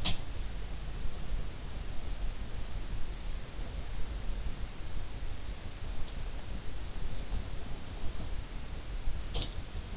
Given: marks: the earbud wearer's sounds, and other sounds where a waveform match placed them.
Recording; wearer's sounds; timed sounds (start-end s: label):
sounds in sleep by an in-ear microphone; teeth grinding
0.00-0.22 s: teeth grinding
9.36-9.59 s: teeth grinding